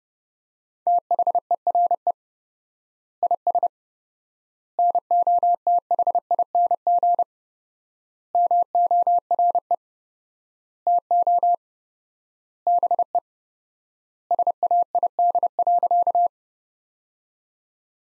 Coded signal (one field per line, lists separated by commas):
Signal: Morse code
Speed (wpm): 30 wpm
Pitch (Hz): 700 Hz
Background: none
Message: THERE IS NOTHING MORE TO BE SAID.